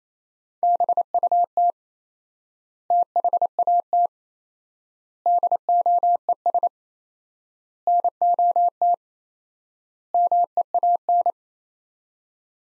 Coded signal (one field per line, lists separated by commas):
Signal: Morse code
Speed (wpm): 28 wpm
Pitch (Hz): 700 Hz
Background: none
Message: BUT THAT DOES NOT MEAN